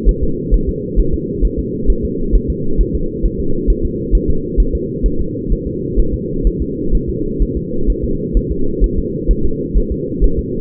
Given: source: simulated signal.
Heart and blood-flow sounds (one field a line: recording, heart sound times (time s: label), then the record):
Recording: fetal heart sounds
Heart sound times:
0.09 s: S1
0.23 s: S2
0.54 s: S1
0.69 s: S2
1.00 s: S1
1.14 s: S2
1.45 s: S1
1.59 s: S2
1.90 s: S1
2.05 s: S2
2.35 s: S1
2.50 s: S2
2.81 s: S1
2.95 s: S2
3.26 s: S1
3.40 s: S2
3.70 s: S1
3.85 s: S2
4.15 s: S1
4.30 s: S2
4.60 s: S1
4.75 s: S2
5.06 s: S1
5.21 s: S2
5.52 s: S1
5.67 s: S2
6.00 s: S1
6.14 s: S2
6.47 s: S1
6.62 s: S2
6.95 s: S1
7.09 s: S2
7.42 s: S1
7.57 s: S2
7.90 s: S1
8.04 s: S2
8.37 s: S1
8.52 s: S2
8.84 s: S1
8.99 s: S2
9.31 s: S1
9.45 s: S2
9.78 s: S1
9.92 s: S2
10.24 s: S1
10.39 s: S2
From the record:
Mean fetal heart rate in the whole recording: 130 bpm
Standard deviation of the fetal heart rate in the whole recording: 2 bpm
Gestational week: 36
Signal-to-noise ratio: -8.1 dB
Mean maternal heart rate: 72 bpm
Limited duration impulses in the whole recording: absent